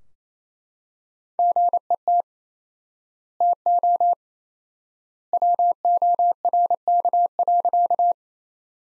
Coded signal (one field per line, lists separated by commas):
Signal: Morse code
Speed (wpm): 28 wpm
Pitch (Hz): 700 Hz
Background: none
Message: GET TO WORK.